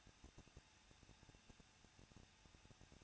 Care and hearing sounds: daily activity, microphone in the room; no activity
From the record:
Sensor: 2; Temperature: 21.0 degrees Celsius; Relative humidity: 37.5%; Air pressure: 1006.2 hPa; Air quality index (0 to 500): 223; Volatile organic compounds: 25 ppm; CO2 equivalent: 2826 ppm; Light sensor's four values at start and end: 2/3/2/2 and 2/3/2/2

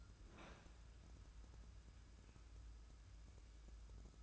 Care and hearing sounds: daily activity, microphone in the room; open fridge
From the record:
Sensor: 2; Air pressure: 994.3 hPa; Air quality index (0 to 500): 212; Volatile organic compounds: 1000 ppm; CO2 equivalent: 7035 ppm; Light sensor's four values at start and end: 143/344/146/152 and 143/342/145/151

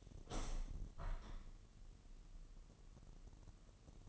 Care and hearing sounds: daily activity, microphone in the room; open window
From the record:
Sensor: 4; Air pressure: 1000.8 hPa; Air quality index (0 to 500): 244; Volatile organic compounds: 41 ppm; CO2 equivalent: 3162 ppm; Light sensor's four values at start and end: 9/20/8/7 and 9/20/8/8

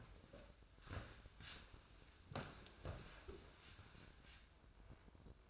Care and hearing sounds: daily activity, microphone in the room; sit down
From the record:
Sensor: 2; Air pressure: 1004.9 hPa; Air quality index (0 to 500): 92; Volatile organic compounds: 2 ppm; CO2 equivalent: 1105 ppm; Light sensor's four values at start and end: 8/18/7/7 and 7/16/7/7

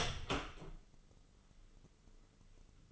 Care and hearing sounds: daily activity, microphone in the room; open door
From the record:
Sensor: 4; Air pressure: 996.9 hPa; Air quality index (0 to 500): 65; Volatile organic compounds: 2 ppm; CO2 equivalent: 1171 ppm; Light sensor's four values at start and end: 18/43/17/17 and 18/42/17/17

